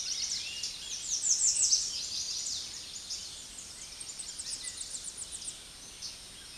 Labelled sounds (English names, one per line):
Tennessee Warbler song